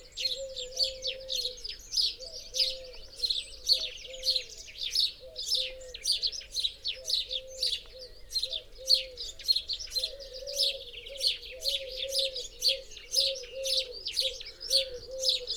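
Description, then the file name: House sparrow chirping, sharp bright notes repeated nearly twice a second throughout, over a steady low wavering tone underneath. "Passer domesticus"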